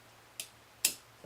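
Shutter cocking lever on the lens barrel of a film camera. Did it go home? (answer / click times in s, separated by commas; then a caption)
yes / 0.8 s. The metal shutter-cocking lever on top of the lens barrel of a vintage Smena 2 film camera is pulled until the mechanism catches. A light tick sounds at about 0.4 s, then a louder, sharper click at 0.9 s, followed by a faint soft tap near 1.2 s. The lever clicks into the cocked position.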